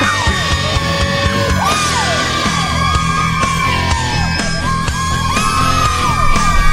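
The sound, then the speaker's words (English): A loud crowd-cheering sound effect plays steadily for several seconds, a dense wash of overlapping yells and rising, falling whoops with a low, steady hum beneath. “Did you add crowd fans?”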